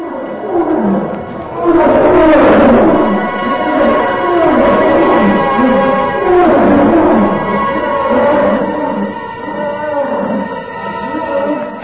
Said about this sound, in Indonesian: tampak beberapa ekor beruang es yang berbulu putih melangkah mendekati perkampungan orang-orang Eskimo itu sambil meraung-raung kelaparan.